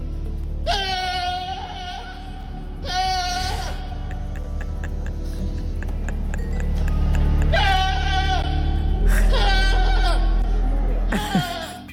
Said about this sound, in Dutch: Tijdens een speciale dienst om dieren te zegenen in een Britse kathedraal begon Pablo de Geit mee te zingen met het orgel